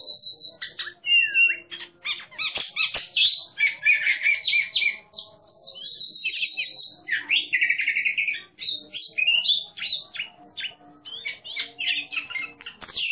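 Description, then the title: Oriental magpie-robin singing a rapid, continuous medley of sharp whistles, slurred notes and rasping chatter, phrases tumbling over one another. Competition bird described as a national champion, singing in the 'ngeplong' style, loud and in full song ('gacor'). "burung berkicau Kacer Ngeplong gacor Juara Nasional. burung Kacer"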